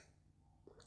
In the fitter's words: just get that focus for you just in case we are not focused but this here snaps in place